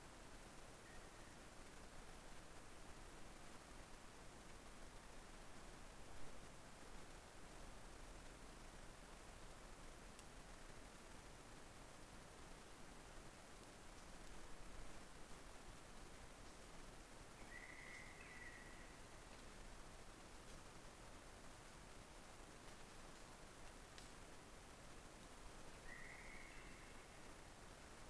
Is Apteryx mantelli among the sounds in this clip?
no